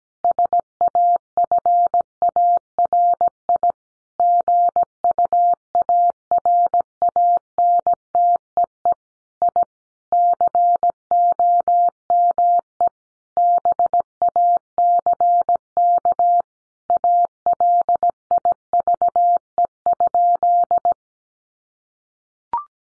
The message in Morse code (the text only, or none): SAFARI GUARANTEE I COME BACK ALIVE?